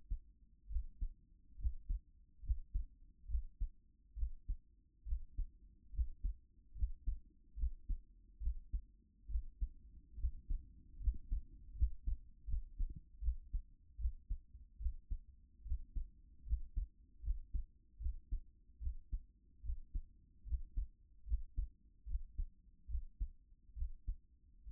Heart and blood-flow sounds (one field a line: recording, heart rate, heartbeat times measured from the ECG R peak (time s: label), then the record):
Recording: heart sounds by stethoscope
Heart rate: 73 bpm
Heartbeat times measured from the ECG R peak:
0.68 s: heartbeat
1.56 s: heartbeat
2.41 s: heartbeat
3.26 s: heartbeat
4.14 s: heartbeat
5.04 s: heartbeat
5.90 s: heartbeat
6.73 s: heartbeat
7.55 s: heartbeat
8.39 s: heartbeat
9.27 s: heartbeat
10.16 s: heartbeat
10.98 s: heartbeat
11.73 s: heartbeat
12.46 s: heartbeat
13.20 s: heartbeat
13.97 s: heartbeat
14.78 s: heartbeat
15.63 s: heartbeat
16.44 s: heartbeat
17.21 s: heartbeat
17.98 s: heartbeat
18.79 s: heartbeat
19.61 s: heartbeat
20.44 s: heartbeat
21.24 s: heartbeat
22.05 s: heartbeat
22.87 s: heartbeat
23.74 s: heartbeat
24.65 s: heartbeat
From the record:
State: at rest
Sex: female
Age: 31 years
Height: 167 cm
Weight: 61 kg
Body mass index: 21.87